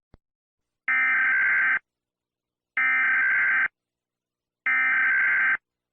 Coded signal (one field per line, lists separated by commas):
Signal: Emergency Alert System (SAME) tones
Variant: header bursts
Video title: EAS SCENARIO 2: The Tornado Outbreak of the Century